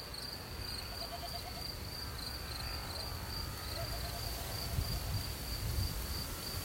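Cricket trill: a near-continuous high shrill tone, with brief soft pulsed notes lower down and a low rumble of wind.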